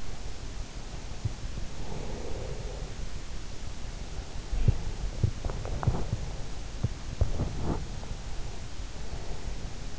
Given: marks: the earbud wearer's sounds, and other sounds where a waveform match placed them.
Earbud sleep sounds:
sounds in sleep by an in-ear microphone; breath, body movement
0.00-3.33 s: breath
4.40-5.03 s: sound from someone else or the room
5.51-8.18 s: body movement
8.03-9.99 s: breath

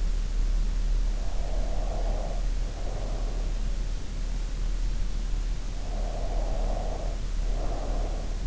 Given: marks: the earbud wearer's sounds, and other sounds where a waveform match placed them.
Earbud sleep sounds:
sounds in sleep by an in-ear microphone; breath
1.09-4.15 s: breath
5.88-8.47 s: breath

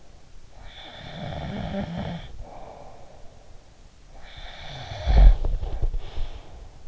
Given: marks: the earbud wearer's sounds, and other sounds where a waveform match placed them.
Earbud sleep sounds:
sounds in sleep by an in-ear microphone; snoring breath, body movement
0.45-3.47 s: snoring breath
4.41-6.88 s: snoring breath
4.92-6.28 s: body movement

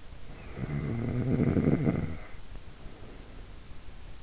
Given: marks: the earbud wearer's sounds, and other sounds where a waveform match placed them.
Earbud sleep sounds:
sounds in sleep by an in-ear microphone; snoring breath
0.15-3.41 s: snoring breath

